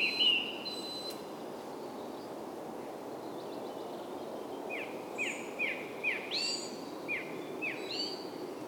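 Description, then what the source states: Bird calls: an opening note and a quiet stretch, then a series of short, sharp, downward-sweeping chirps repeated about every half second, with other high notes, over steady hiss. Soundscape.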